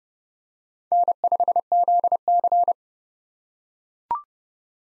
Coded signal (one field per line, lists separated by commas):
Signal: Morse code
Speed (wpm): 30 wpm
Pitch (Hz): 700 Hz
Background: none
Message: N5ZC